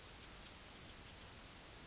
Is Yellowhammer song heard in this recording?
no